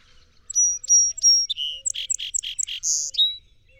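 Song sparrow singing three bright whistled introductory notes, then a buzzy note, a quick series of harsh chips and a closing buzz with a falling tail.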